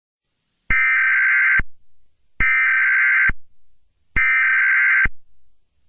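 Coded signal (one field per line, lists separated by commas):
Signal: Emergency Alert System (SAME) tones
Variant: header bursts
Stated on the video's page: Fictional EAS scenario.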